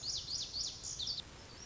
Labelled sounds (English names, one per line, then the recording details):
Lazuli Bunting
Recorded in Sonoma County, California